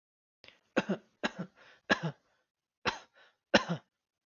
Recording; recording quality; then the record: shallow voluntary cough; excellent, no background noise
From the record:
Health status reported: healthy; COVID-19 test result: not tested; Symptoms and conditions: none ticked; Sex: male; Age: 42 years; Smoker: not ticked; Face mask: not worn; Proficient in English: yes